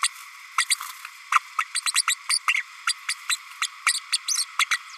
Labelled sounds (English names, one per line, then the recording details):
Green-rumped Parrotlet babbling
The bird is a female
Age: 32 days
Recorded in a nest box in Venezuela
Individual 17B32A5